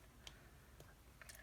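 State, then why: Seated. The plastic half of a VW T5 key shell that holds the transponder is slotted onto its mating half until the plastic clips engage. A sharp little click is heard at 0.3 s, followed by fainter ticks near 0.8, 1.2 and 1.3 s. The two shell halves are seated together.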